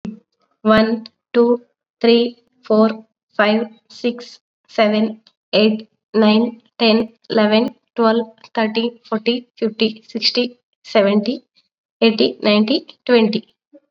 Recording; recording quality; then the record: counting at a normal pace; excellent, no background noise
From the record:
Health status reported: COVID-19 positive, mild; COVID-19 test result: positive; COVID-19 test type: RT-PCR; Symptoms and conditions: cough, fever, fatigue, muscle pain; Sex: female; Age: 24 years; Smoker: no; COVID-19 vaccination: both doses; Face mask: worn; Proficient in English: yes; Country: India